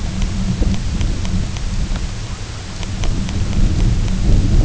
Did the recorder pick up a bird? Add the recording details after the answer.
no. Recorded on Arctic tundra, site UTQI-0, on 20 June 2018. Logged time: 14:00